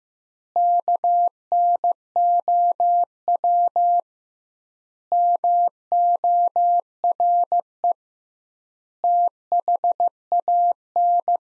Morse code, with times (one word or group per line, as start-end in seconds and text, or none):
0.6-4.0 KNOW
5.1-7.9 MORE
9.0-11.4 THAN